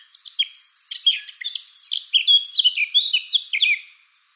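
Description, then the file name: Eurasian blackcap song: a hurried, varied warble of chirps and twitters that becomes more whistled in its second half, then trails off to silence. "Sylvia atricapilla"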